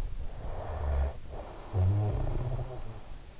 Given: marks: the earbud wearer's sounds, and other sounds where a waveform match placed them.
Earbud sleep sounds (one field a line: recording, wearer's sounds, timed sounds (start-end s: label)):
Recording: sounds in sleep by an in-ear microphone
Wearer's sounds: snoring breath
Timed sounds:
0.21-3.40 s: snoring breath